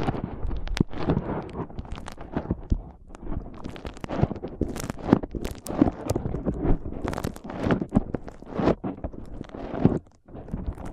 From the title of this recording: ASMR Powerful Foam Brain Massage